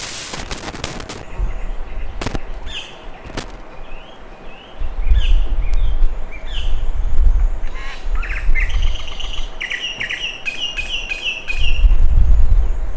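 Bird calls, short chirps and downslurred notes at varied intervals over an intermittent low rumble, with a few sharp clicks early on.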